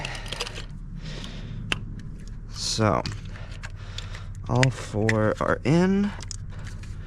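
An electrical connector is handled at one of four engine ignition/injector parts that have just been fitted during a misfire repair, with the plug-in connectors being pressed on. Light scrapes and small ticks are heard, including a sharp tick near 1.7 s, while someone talks. Nothing has seated or clicked yet.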